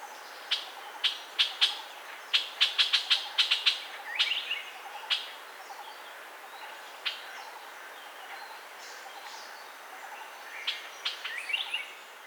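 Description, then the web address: Puff-throated bulbul giving harsh, scratchy chattering notes in quick bursts, with pauses between runs and a few thinner calls later. "Puff throated bulbul. صدای-بلبل-گلو-پفی"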